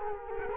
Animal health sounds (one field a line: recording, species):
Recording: mosquito wingbeat signal from an infrared sensor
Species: Culex quinquefasciatus